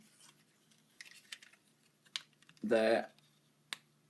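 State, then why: Seated. A plastic transformation part is pushed into the leg assembly of a Planet X Summanus PX-04 robot figure during its transformation, to secure everything in place around the side legs. Faint handling clicks and taps come first, and someone talks briefly. One sharp snap at 3.7 s marks the part seating into place.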